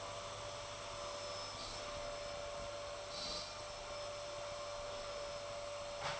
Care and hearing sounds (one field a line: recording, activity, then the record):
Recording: daily activity, microphone in the room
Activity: vacuum cleaning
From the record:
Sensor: 5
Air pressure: 1007.8 hPa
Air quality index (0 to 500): 95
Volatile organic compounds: 1 ppm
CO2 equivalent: 748 ppm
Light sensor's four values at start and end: 35/81/33/33 and 35/81/33/33